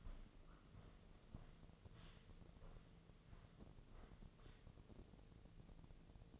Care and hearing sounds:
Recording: daily activity, microphone in the room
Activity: walk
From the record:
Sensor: 4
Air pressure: 1006.3 hPa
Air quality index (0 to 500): 84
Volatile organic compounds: 2 ppm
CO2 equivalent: 1037 ppm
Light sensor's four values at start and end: 12/27/10/10 and 12/27/10/10

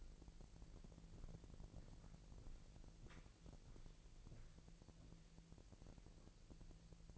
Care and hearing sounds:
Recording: daily activity, microphone in the room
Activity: walk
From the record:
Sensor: 5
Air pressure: 1002.2 hPa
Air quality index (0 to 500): 238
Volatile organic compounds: 26 ppm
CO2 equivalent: 2851 ppm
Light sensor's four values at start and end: 31/74/31/34 and 31/74/31/33

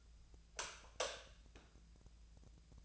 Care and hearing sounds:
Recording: daily activity, microphone in the room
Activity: light off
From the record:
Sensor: 2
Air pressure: 999.9 hPa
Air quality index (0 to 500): 117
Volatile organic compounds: 2 ppm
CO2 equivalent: 1009 ppm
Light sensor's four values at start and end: 35/95/39/44 and 30/77/32/37

